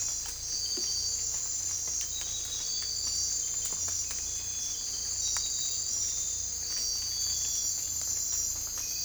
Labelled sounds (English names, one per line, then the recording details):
none
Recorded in secondary vegetation near Puerto Asís, Putumayo, Colombia, on 18 December 2024 at 03:30
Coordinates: 0.481, -76.318
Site G042